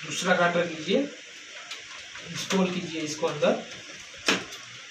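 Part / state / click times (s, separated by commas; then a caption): toner cartridge into laser printer toner container slot / seated / 4.3 s. A new toner cartridge is pushed into the toner container slot of a Kyocera M2040dn laser printer and rotated round to lock, while someone talks. A single sharp plastic hit at 4.3 s marks the cartridge locking in place.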